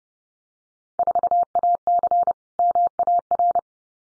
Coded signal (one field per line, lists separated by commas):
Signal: Morse code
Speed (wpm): 30 wpm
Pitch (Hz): 700 Hz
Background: none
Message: 4AC MAR